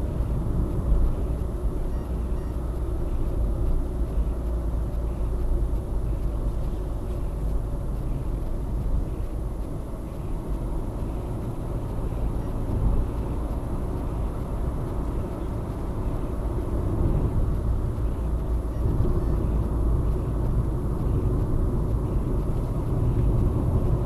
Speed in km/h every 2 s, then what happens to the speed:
66, 65, 63, 56, 55, 54, 67, 66, 65, 65, 57, 54.
0-7 slows to 55. 10-12 speeds up to 67. 12-18 steady at about 65. 18-24 slows to 54.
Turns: none.